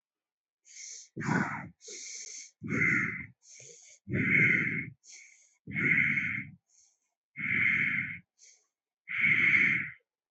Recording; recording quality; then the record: shallow breathing; excellent, no background noise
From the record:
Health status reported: healthy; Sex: male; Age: 37 years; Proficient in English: yes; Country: India